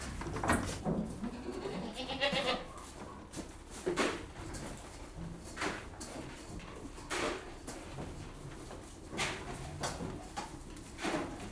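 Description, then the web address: Goats bleating in scattered bursts, with clattering feeding noises between calls. Goats bleating a lot while being fed. "BBC Sound Effects Library. Goats Being Fed - Lots Of"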